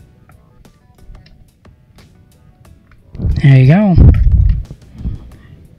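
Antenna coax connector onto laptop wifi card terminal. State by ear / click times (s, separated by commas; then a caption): not seated / none. Small coaxial antenna connectors are handled against the terminals of a dual-band Wi-Fi and Bluetooth card being upgraded in a Toshiba laptop. Faint, sparse ticks and taps come through a quiet background, and from about 3.2 s to 4.7 s someone talks loudly. Nothing has seated or clicked yet.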